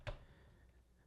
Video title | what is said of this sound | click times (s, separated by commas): Voltron Legendary Defender: Legendary Voltron | blue and yellow line in until you hear a little click | 0.1 s